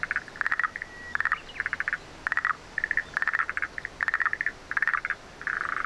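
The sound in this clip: Frog producing clusters of quick pulsed notes in irregular bursts, separated by short silences.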